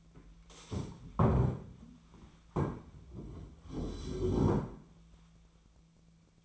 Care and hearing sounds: daily activity, microphone in the room; stand up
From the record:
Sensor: 1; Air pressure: 1008.1 hPa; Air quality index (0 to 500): 190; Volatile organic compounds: 17 ppm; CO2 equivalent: 2578 ppm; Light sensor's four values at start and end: 13/34/13/15 and 12/30/12/14

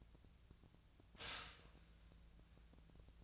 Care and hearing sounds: daily activity, microphone in the room; stop toaster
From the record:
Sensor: 2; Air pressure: 1009.1 hPa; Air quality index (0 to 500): 187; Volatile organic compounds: 11 ppm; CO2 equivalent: 2318 ppm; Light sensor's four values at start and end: 23/57/24/27 and 23/58/24/27

